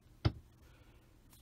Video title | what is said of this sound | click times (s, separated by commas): NSK Presto Chuck Install | next thing we're gonna do is just make sure our bird goes in all the way until we hear it click and we're | 0.2 s